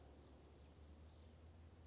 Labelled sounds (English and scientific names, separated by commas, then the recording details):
Western Flycatcher (Empidonax difficilis)
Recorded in Sonoma County, California